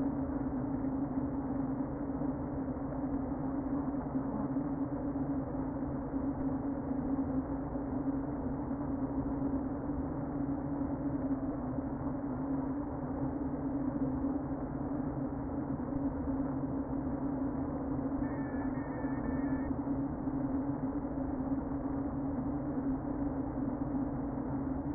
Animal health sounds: honeybee colony, microphone inside the hive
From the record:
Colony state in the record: queen present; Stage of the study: before two queens were removed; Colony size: about 60,000 bees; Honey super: yes

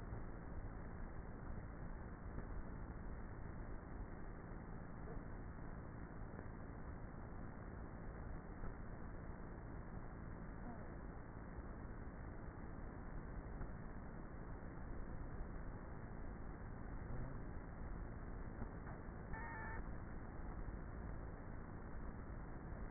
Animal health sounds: honeybee colony, microphone inside the hive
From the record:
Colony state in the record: queenless with a low population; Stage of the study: before two queens were removed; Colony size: about 30,000 bees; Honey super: no

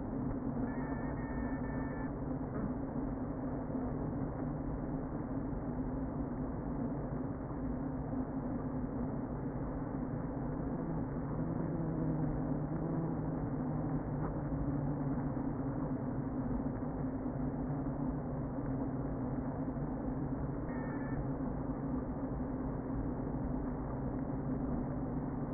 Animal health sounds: honeybee colony, microphone inside the hive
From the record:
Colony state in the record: queen present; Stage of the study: before two queens were removed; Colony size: about 60,000 bees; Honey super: yes

